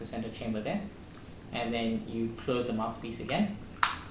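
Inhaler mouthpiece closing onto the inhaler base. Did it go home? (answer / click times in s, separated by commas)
yes / 3.8 s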